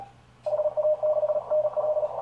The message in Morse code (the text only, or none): HA6NL